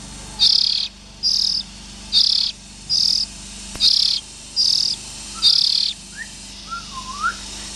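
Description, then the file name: Oriental magpie-robin raspy calls: seven short hissing bursts in steady succession, then quieter short rising whistles at the end. Young birds. "Tieng chim chich choe than non"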